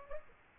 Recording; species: mosquito wingbeat signal from an infrared sensor; Aedes aegypti